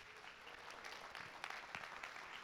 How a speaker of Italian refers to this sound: Quindi facciamoci un applauso, perché siamo una famiglia speciale.